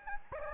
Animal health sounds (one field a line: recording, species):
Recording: mosquito wingbeat signal from an infrared sensor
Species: Anopheles gambiae